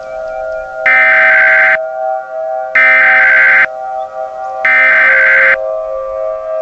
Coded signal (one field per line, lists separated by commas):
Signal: Emergency Alert System (SAME) tones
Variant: header bursts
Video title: EAS Sneak Peak #1